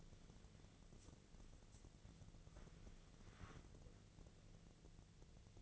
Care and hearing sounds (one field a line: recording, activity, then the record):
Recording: daily activity, microphone in the room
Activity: wipe stove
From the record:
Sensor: 4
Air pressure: 1001.3 hPa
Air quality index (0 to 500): 186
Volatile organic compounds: 3 ppm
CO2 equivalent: 1325 ppm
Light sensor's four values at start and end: 14/31/13/14 and 14/32/13/14